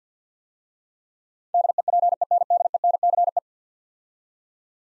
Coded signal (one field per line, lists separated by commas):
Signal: Morse code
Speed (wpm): 49 wpm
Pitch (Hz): 700 Hz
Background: none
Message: DEPENDENCE